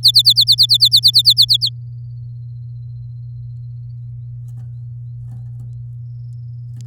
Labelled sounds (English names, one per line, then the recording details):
Domestic Canary song
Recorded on 11 May 2018 at 06:49
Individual llb16